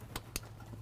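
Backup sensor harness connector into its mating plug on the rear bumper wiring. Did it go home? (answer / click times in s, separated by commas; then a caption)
yes / 0.4 s. A plastic backup sensor wiring harness connector on the driver's side of a Jeep JL Wrangler, during installation of a Rugged Ridge HD rear bumper with swingout tire carrier, is plugged back into its mating plug on the rear bumper wiring, and the white retaining clip is pushed down. A short broadband snap at 0.2 s is followed by a sharper, brighter click at 0.4 s over a steady low hum. The connector seats with that click at 0.4 s.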